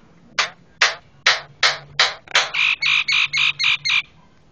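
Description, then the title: Javan myna calls: a string of harsh rasping notes, then a faster run of shorter nasal notes. Loud, very noisy Javan myna calls, used for training cage birds (masteran). "Jalak Kebo Master Suara Super Berisik Buat Masteran"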